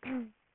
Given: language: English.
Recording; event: throat vibration sensor signal played as sound; throat clearing